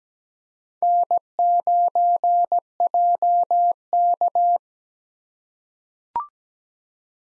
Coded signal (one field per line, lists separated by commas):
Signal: Morse code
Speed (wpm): 17 wpm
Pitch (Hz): 700 Hz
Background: none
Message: N9JK